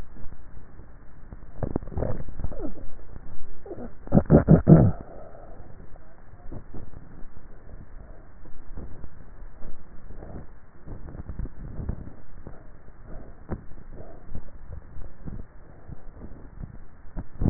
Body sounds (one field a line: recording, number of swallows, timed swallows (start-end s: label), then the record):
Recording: swallowing sounds by neck microphone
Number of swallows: 2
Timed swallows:
1.62-2.55 s: swallow
14.35-15.05 s: swallow
From the record:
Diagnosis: dysphagia